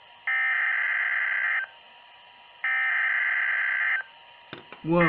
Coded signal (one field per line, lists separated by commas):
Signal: Emergency Alert System (SAME) tones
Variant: header bursts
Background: speech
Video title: [EAS #39-40] x2 High Wind Warnings [3/1/2018]